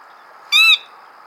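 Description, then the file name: Sora call: a single short, clear, nasal note with a slight rise and fall, lasting about a quarter second against a steady hiss. "Porzana carolina - Sora"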